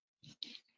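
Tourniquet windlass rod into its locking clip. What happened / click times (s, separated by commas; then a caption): The rod snapped into its locking clip / 0.4 s. The windlass rod of a real tourniquet is twisted around and locked into its retaining clip. A short rustling scrape is followed by a sharp click at 0.4 s, then a brief fading rattle. The windlass is locked in place.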